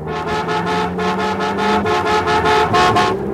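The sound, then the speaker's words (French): Two cars race in a chase in Blake et Mortimer S.O.S. Météores, the distance between them shrinking, with a loud, steady blare of car horns over a roaring engine and a rapid, pulsing rhythm of bursts running throughout. “La distance diminue entre les deux voitures.”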